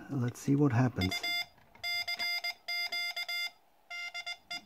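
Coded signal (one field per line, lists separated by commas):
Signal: Morse code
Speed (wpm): 20 wpm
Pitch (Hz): 2100 Hz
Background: speech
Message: U CQ DE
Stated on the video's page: Morse from first QSOs on a freshly built and aligned QCX Mini transceiver.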